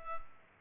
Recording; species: mosquito wingbeat signal from an infrared sensor; Culex pipiens